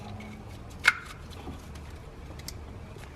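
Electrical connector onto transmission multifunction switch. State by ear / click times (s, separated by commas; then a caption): seated / 0.9 s. On a 2009–2016 Volkswagen Tiguan, the wiring connector is plugged back onto the reinstalled automatic transmission multifunction (range) switch, and its locking tab is pulled until it locks. A single sharp, bright click sounds at 0.9 s over low background hum, followed by a few faint ticks later. The connector is seated and locked in place.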